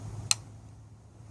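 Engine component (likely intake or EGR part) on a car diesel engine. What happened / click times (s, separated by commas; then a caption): The engine part clicked open / 0.3 s. While an engine part on a 2004 VW Passat TDI diesel sedan is being cleaned to fix excessive black smoke, a component (likely an intake or EGR part) is positioned by hand. It clicks open with one sharp, bright click at 0.3 s over a steady low hum, leaving the part open.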